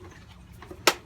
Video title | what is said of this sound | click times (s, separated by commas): Hoseology | you pull it out and hear that click and stop immediately it will stop | 0.9 s